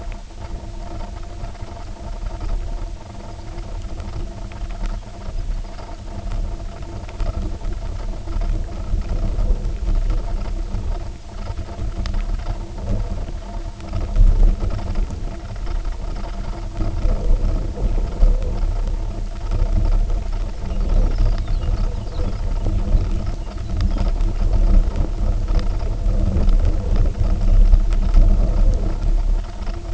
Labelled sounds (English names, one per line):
unidentified sound
Lapland Longspur